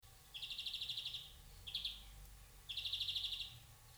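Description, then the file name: European greenfinch calls: two rapid, even trills of dry notes, each about a second long, with a brief short burst between them. "Chloris chloris"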